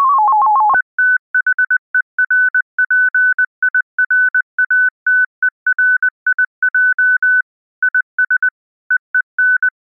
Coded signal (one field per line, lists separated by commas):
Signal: Morse code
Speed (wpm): 20 wpm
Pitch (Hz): 1500 Hz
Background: none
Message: ETHERPIRATERIJ IS EEN